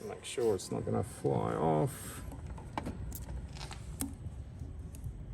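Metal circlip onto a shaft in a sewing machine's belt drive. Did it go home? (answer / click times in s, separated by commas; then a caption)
no / none. A metal circlip is handled with circlip pliers onto the outside of a shaft in a sewing machine's belt drive, fitted so it will not come off. Someone talks over the first two seconds, then a few faint, sharp metallic ticks come from the handling against a quiet background. Nothing has seated or clicked yet.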